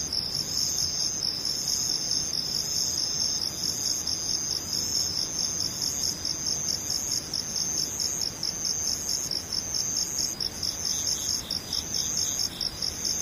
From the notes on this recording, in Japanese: ムシ